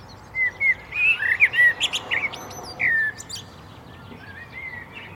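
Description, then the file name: Common blackbird song: a rich run of mellow whistled notes with higher twittering flourishes, ending in softer, fading phrases against a quiet background. "Turdus merula"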